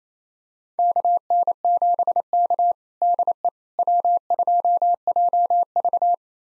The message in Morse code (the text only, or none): KN7K DE W2JV